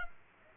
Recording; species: mosquito wingbeat signal from an infrared sensor; Culex pipiens